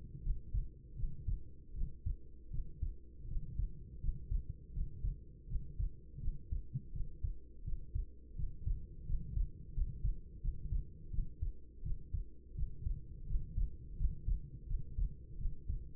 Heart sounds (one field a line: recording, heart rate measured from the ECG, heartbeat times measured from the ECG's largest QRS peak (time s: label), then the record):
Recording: heart sounds by stethoscope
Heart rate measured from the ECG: 83 bpm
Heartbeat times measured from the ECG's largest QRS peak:
0.21 s: heartbeat
0.95 s: heartbeat
1.73 s: heartbeat
2.49 s: heartbeat
3.26 s: heartbeat
3.99 s: heartbeat
4.72 s: heartbeat
5.46 s: heartbeat
6.19 s: heartbeat
6.91 s: heartbeat
7.63 s: heartbeat
8.34 s: heartbeat
9.04 s: heartbeat
9.72 s: heartbeat
10.39 s: heartbeat
11.09 s: heartbeat
11.81 s: heartbeat
12.54 s: heartbeat
13.25 s: heartbeat
13.95 s: heartbeat
14.66 s: heartbeat
15.37 s: heartbeat
From the record:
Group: healthy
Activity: rest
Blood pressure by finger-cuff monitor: 102/56 mmHg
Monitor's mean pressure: 70 mmHg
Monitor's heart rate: 82 bpm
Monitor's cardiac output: 7 L/min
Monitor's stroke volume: 86 mL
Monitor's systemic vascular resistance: 720 dyn s/cm5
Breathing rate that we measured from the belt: 13 breaths a minute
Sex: female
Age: 26 years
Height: 165 cm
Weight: 55 kg